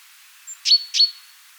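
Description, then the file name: Great tit call: two bright, sharp notes each ending in a short clear high tone, given about a third of a second apart. "Parus major"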